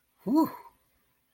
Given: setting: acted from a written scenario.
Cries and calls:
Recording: vocal sound without words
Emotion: relief

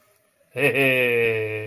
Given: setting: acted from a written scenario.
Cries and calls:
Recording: vocal sound without words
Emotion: pride

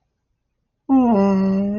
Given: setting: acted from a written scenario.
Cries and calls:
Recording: vocal sound without words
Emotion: sympathy

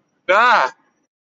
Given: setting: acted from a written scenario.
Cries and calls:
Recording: vocal sound without words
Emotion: fear

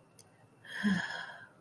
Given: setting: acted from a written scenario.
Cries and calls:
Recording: vocal sound without words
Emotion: shame

